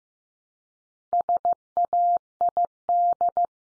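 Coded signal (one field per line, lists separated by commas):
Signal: Morse code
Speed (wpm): 15 wpm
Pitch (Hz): 700 Hz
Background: none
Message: SAID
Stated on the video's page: Morse word drill at 15 wpm: common English words each sent three times, then spoken, then sent again, for head-copy practice.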